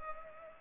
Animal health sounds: mosquito wingbeat signal from an infrared sensor; Culex pipiens

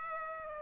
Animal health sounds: mosquito wingbeat signal from an infrared sensor; Aedes aegypti

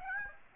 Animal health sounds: mosquito wingbeat signal from an infrared sensor; Aedes aegypti

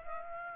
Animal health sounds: mosquito wingbeat signal from an infrared sensor; Aedes aegypti

